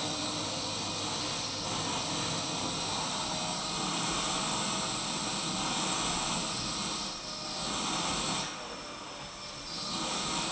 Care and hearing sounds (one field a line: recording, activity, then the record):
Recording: daily activity, microphone in the room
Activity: vacuum cleaning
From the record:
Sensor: 1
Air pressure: 991.0 hPa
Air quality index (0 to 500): 118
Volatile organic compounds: 173 ppm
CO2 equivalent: 4118 ppm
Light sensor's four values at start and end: 19/44/18/20 and 19/45/18/20